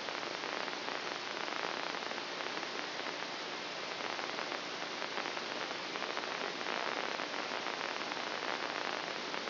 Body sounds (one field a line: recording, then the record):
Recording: brain microelectrode recording played as sound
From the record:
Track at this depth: inside the subthalamic nucleus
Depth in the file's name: 3.114 mm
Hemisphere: left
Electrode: 2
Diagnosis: Parkinson's disease